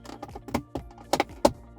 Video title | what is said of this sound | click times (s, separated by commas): Installing and removing The BMW E39 Cup Holder from Trick Bits | it looks like that it's not all the way in | 1.1 s, 1.5 s